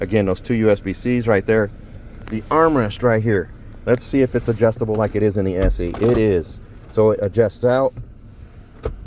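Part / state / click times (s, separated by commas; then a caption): center armrest slide in car center console / seated / 8.9 s. Someone talks while sliding the center console armrest of a 2025 VW Tiguan 2.0T S 4Motion forward to its adjusted position. A single sharp click is heard at 8.9 s as the slide detent engages, and the armrest locks into place.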